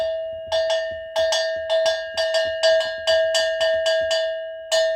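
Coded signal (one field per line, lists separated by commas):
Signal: bell signal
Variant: Dero (dawuro) gong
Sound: about a dozen bright ringing gong strikes in an uneven, quick rhythm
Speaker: Let's say when you get up in the morning and then you hear, it means the chief is someone saying all the people around to come and listen to a message that he has for the whole community.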